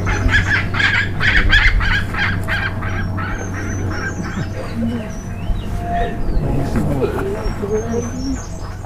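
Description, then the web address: Bird calls in a rapid run of harsh, honking pulses, busiest in the first few seconds, with thin high chirps above and a steady low hum underneath. "BIRD 2015 SABIOD 50 bird 2015"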